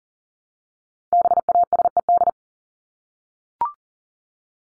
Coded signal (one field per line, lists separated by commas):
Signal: Morse code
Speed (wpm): 40 wpm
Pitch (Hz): 700 Hz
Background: none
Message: BASED